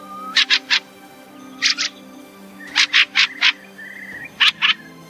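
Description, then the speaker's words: Fieldfare chattering calls: harsh, dry chak notes in tight bursts of two to four, repeated several times, with a faint thin whistle between them. Overwinters in large numbers in years with an abundant rowan crop. "Сейчас вы слышите голос дрозда-рябинника."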